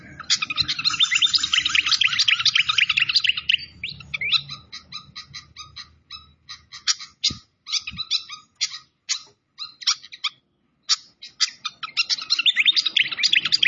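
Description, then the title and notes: Malaysian pied fantail song opening in a thick burst of chatter, then thinning to sharp separate chips with short gaps, before the rapid twittering returns at the end. Masteran (bird-training recording) of clear-voiced song, mixed with the sound of gurgling flowing water. "Masteran Sikatan Kipas Suara Jernih Dan Suara Gemericik Air. Suara Burung Sikatan Londo"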